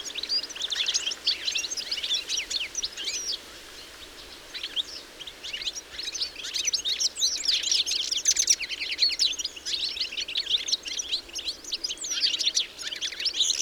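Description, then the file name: European goldfinch twittering: busy, high, liquid notes packed closely, thinning briefly midway before the chattering swells again to the end. "Carduelis carduelis"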